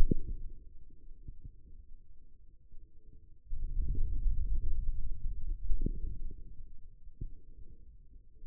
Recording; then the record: forearm muscle sounds (acoustic myography)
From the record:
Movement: hand closing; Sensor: system 2, bracelet of six BSWA MPA416 microphones around the upper forearm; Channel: 4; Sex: male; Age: 22 years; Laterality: right